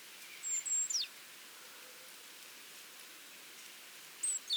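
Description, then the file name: Great tit call: a high, thin whistled note bending sharply downward, then a second similar call near the end over a soft hiss. "Parus major"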